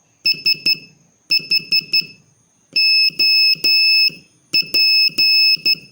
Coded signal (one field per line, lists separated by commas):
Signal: Morse code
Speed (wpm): 12 wpm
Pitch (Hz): 2600 Hz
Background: none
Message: SHOP